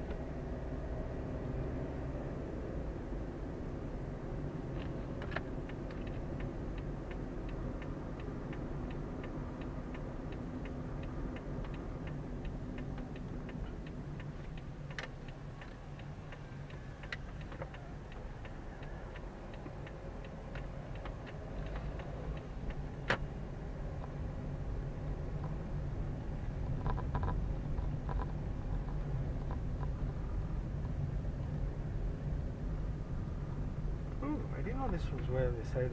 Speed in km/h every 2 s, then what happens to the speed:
28, 30, 30, 29, 28, 25, 19, 10, 9, 10, 12, 16, 18, 17, 17, 17, 17, 15.
0-9 steady at about 29. 9-15 slows to 9. 15-24 speeds up to 18. 24-36 steady at about 17.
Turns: 13-17.